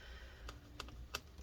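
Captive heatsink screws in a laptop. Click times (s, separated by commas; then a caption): 0.5 s, 0.8 s, 1.1 s. Captive screws on the heatsink of a Lenovo ThinkPad P1 Gen 2 laptop are unscrewed so the old thermal paste can be cleaned off and reapplied. Sharp clicks sound at 0.5, 0.8 and 1.2 seconds as each screw releases, with a fainter tick just after the second. The screws come free while staying captive in place, and all of them are confirmed out.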